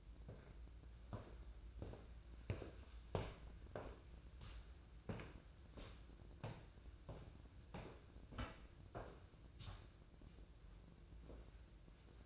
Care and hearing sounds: daily activity, microphone in the room; walk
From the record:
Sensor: 2

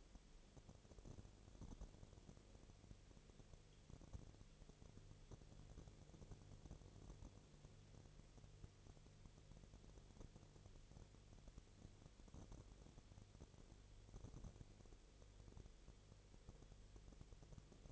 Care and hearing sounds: daily activity, microphone in the room; no activity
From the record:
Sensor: 4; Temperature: 22.4 degrees Celsius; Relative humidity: 30.8%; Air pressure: 1004.1 hPa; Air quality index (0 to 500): 86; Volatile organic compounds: 1 ppm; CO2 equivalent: 775 ppm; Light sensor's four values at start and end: 2/3/1/1 and 2/3/1/1

